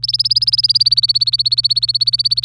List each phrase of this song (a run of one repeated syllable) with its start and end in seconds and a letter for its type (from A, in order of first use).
0.03-2.44 A